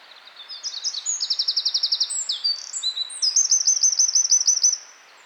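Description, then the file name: Eurasian wren: one energetic song of high, rapid pulsed trills shifting between pitches, lasting about four seconds before stopping. "Troglodytes troglodytes"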